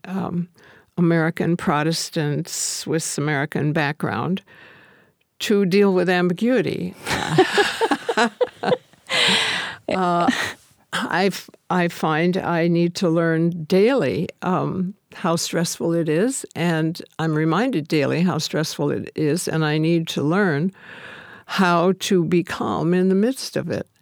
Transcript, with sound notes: American, Protestant, Swiss-American background, to deal with ambiguity. [laughs] I find I need to learn daily how stressful it is, and I’m reminded daily how stressful it is. And I need to learn how to become in the midst of it.